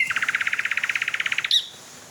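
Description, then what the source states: Common Nightingale song: a fast, even trill of many notes lasting over a second, ending in one sharp note, then quiet. Male singing at night in fields on a completely still night, waning half moon, slowly drifting clouds; song described as beating, fluting and sobbing.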